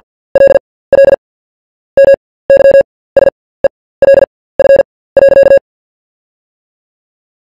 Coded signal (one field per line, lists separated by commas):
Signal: Morse code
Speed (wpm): 48 wpm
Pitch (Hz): 550 Hz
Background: none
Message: LL MYSELF.